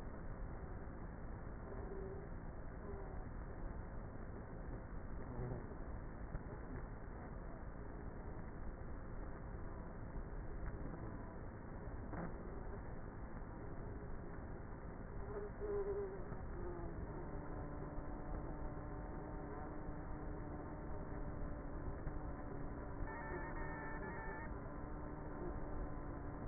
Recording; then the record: honeybee colony, microphone inside the hive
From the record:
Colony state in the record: queenless with a low population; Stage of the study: before two queens were removed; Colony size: about 30,000 bees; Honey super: no